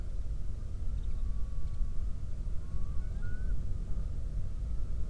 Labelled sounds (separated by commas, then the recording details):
songbird, loon, wind, man-made sound
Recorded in the Prudhoe Bay oil fields, Alaska, on 31 July 2019 at 08:27
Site 24